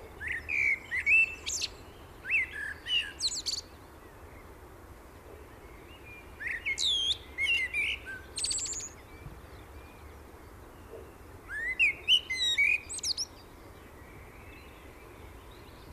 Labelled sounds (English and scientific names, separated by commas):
Common Blackbird (Turdus merula) song